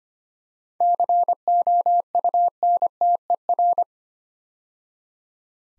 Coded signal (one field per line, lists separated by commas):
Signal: Morse code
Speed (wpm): 25 wpm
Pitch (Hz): 700 Hz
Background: none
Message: COUNTER